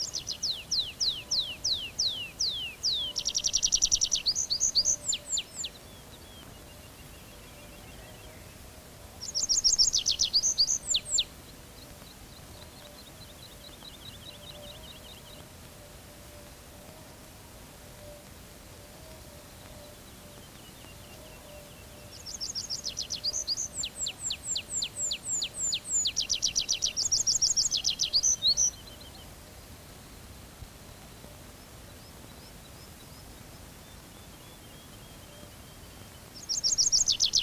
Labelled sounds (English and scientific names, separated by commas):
Tree Pipit (Anthus trivialis) song